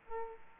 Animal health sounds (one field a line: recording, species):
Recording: mosquito wingbeat signal from an infrared sensor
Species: Aedes aegypti